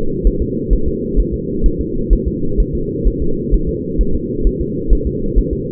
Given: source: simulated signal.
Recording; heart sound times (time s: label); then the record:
fetal heart sounds
0.27 s: S1
0.42 s: S2
0.73 s: S1
0.88 s: S2
1.20 s: S1
1.34 s: S2
1.66 s: S1
1.81 s: S2
2.13 s: S1
2.28 s: S2
2.60 s: S1
2.75 s: S2
3.07 s: S1
3.22 s: S2
3.54 s: S1
3.69 s: S2
4.01 s: S1
4.15 s: S2
4.47 s: S1
4.61 s: S2
4.93 s: S1
5.07 s: S2
5.38 s: S1
5.53 s: S2
From the record:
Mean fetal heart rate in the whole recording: 130 bpm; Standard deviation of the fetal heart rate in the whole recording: 2 bpm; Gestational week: 36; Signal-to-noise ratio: -8.1 dB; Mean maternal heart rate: 72 bpm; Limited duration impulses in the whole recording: absent